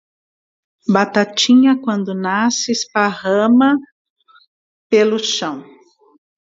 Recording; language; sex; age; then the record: short text; Brazilian Portuguese; female; 50 to 59 years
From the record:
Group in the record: control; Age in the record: 55 years